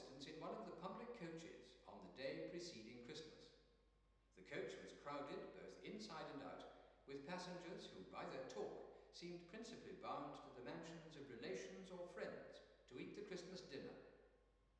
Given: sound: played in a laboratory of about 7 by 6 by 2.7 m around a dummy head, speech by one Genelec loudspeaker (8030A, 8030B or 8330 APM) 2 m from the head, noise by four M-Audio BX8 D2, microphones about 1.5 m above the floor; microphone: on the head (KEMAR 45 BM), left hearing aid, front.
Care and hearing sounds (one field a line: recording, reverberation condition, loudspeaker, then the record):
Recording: male speech in English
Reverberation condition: high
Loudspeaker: 30 degrees to the left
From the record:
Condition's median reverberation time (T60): about 1300 ms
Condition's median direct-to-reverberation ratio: about -4.0 dB